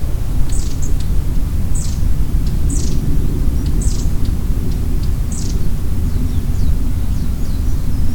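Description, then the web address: Long-tailed tit calls: several high, thin, slightly descending notes, then fainter ones near the end, with constant low rumbling background noise. Recorded 17 March 2014 at Hiraguri; described as song (saezuri). "saezuri enaga 20140317 hiraguri"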